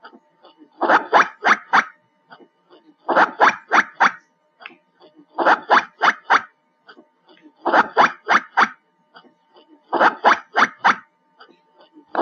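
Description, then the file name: Black giant squirrel calls in regular bursts of four or five rough, barking chirps, repeated roughly every two seconds with soft clicks between. "Tieng soc den keu"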